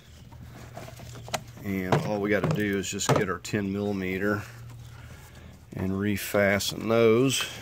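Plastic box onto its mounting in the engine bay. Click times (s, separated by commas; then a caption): 1.3 s. A plastic box is pressed back onto its mount in the engine bay of a 2008 GMC Acadia during reassembly after an intake gasket job, and it snaps into place with a sharp click at 1.3 s. Small taps come just before, at 1.1 s and 1.3 s, over a low steady hum. Afterward someone talks.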